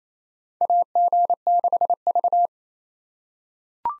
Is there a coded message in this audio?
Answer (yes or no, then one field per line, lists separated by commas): yes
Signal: Morse code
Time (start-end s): 0.6-2.5 s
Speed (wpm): 28 wpm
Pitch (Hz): 700 Hz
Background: none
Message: AG6V